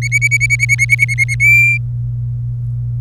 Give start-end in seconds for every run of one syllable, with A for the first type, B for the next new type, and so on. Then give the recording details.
0.02-1.34 A, 1.40-1.77 B. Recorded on 26 April 2018 at 18:22. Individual llb3